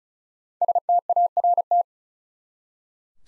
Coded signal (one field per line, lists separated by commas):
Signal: Morse code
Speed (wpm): 36 wpm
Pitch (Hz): 700 Hz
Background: none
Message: START